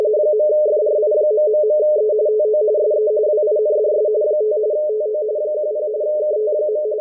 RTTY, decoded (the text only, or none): .FRI...E TO SE WINDS 5 TO 10 KT.